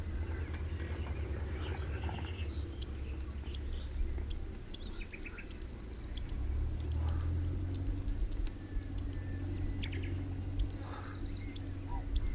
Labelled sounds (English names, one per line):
Cirl Bunting call